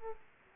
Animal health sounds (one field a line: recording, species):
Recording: mosquito wingbeat signal from an infrared sensor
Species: Aedes aegypti